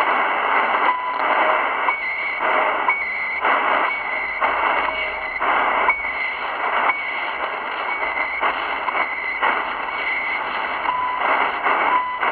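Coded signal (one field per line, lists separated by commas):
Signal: radio time signal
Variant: CHU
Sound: static-filled shortwave hiss with short 1 kHz ticks roughly each second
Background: radio static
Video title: Ultralight SW-DX: Radio Station CHU 14.670 kHz. Canada-Ottawa.[ Señal Horaria ]. NRC. (Primavera).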